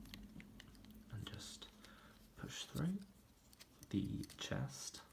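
A plastic chest panel on a Transformers Legacy Leader Scourge action figure is handled during transformation as the front of the cab is pushed through and the chest section is pressed toward the torso, with light plastic ticks and taps while someone talks. The clip ends before the panel snaps in, so nothing has seated or clicked yet.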